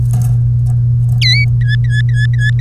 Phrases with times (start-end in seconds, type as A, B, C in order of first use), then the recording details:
1.21-1.45 A, 1.61-2.50 B, 2.59-2.61 C. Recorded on 3 May 2018 at 14:44. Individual llb3